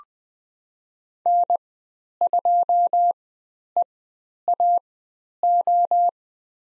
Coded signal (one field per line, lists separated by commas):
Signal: Morse code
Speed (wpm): 20 wpm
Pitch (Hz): 700 Hz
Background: none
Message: N2EAO